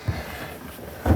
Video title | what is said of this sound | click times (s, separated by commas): How to Install BakFlip F1 Tonneau Cover | Again, the fact that I just heard it click in actually tells me that we've got it in place. | 1.1 s